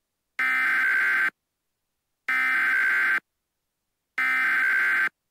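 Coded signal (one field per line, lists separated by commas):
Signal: Emergency Alert System (SAME) tones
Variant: header bursts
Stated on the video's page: Fictional EAS scenario for entertainment.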